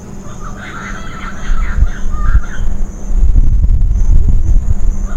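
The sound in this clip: Bird chirping in a rapid series for about two seconds, then loud low rumbling noise takes over the rest.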